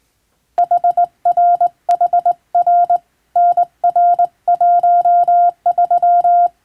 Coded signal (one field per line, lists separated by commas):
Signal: Morse code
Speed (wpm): 20 wpm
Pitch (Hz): 700 Hz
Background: none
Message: HRHR NR13